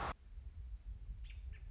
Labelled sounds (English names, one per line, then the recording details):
American Robin
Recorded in Sonoma County, California